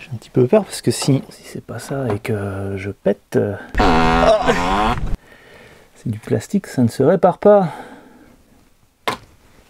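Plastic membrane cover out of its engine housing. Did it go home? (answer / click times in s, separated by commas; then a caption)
released / 9.1 s. Someone talks while working on the engine of a C6, unsure whether a pierced plastic part holding a membrane is only clipped into its engine housing and worried about breaking the plastic. A sharp snap at 9.1 s marks the plastic membrane cover coming free, confirming it was clipped in.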